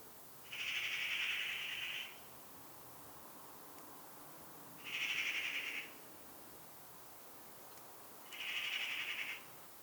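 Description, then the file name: Eurasian magpie chatter: three rasping, rattled bursts roughly every four seconds, each under two seconds long, background otherwise still. "Pica pica"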